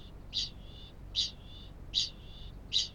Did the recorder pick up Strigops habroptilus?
yes